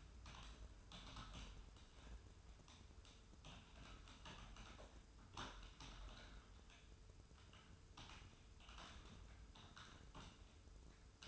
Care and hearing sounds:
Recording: daily activity, microphone in the room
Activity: typing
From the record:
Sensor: 2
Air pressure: 994.3 hPa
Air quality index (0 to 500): 210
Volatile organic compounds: 1000 ppm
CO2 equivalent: 6917 ppm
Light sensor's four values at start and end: 54/126/53/55 and 55/127/54/55

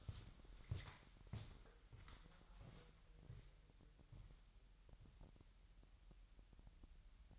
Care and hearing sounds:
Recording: daily activity, microphone in the room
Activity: walk to room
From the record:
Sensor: 3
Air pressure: 1002.0 hPa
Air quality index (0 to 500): 248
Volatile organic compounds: 50 ppm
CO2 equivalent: 3294 ppm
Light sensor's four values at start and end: 5/10/4/4 and 7/17/7/7

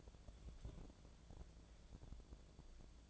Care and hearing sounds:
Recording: daily activity, microphone in the room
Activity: take from stove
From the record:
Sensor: 5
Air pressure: 1000.0 hPa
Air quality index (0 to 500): 94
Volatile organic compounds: 1 ppm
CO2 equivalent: 770 ppm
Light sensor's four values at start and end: 347/802/353/397 and 341/793/348/391

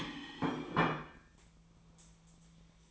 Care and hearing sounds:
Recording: daily activity, microphone in the room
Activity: place plate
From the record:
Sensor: 1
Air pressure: 1009.4 hPa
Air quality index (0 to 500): 195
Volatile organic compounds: 19 ppm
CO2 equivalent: 2664 ppm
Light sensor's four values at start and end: 29/73/30/36 and 29/73/30/36

